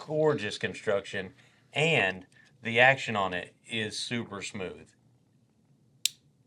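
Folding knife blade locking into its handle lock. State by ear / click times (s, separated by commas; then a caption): seated / 6.1 s. A folding pocket knife with a Damascus steel blade is opened until its blade locks into the handle lock. Someone talks for the first five seconds, then after a short quiet pause one sharp, bright click is heard at 6.1 s as the lock snaps into place and the blade is seated.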